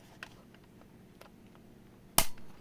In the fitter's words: Ayun. Pag nag-snap na, okay.